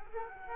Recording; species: mosquito wingbeat signal from an infrared sensor; Culex quinquefasciatus